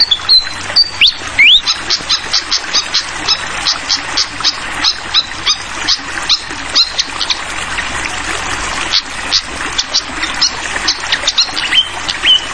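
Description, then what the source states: Malaysian pied fantail song, opening with upswept whistles, then a long string of rapid sharp chips, running water hissing steadily in the background. Tutoring track (masteran) for training songbirds; clear-voiced song mixed with the sound of trickling water.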